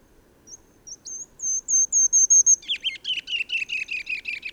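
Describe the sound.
Bird song: high thin whistles grow louder and faster, then turn into a quick, repeated chatter of buzzy descending notes.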